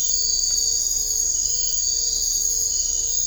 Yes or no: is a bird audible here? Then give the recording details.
no. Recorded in dense forest near Puerto Asís, Putumayo, Colombia, on 21 December 2024 at 23:30. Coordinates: 0.500, -76.322. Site G053